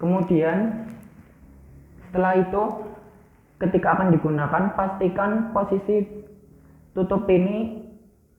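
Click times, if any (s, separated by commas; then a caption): none. A man talks while handling the water tank filler cap on a steam iron. The cap is to be closed and pressed until it locks before use, but nothing has seated or clicked yet when the clip ends. A faint sharp tick sounds at about 1.0 s under the speech.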